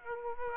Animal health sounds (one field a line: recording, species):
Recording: mosquito wingbeat signal from an infrared sensor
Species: Aedes aegypti